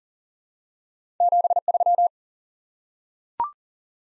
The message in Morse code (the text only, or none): 73